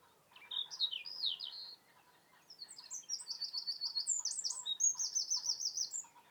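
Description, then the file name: Eurasian wren song: high sliding notes, a short pause, then a long run of rapid trilled phrases. "Troglodytes troglodytes"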